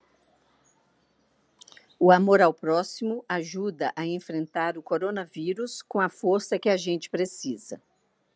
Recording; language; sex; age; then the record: spoken sentence; Brazilian Portuguese; female; 50 to 59 years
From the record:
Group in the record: control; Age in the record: 59 years